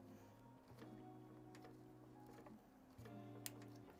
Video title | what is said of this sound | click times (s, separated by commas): 🔴 Super budget gaming PC - PC build #237 & 238 | Got that nice click, which means we're in there all the way. | 3.5 s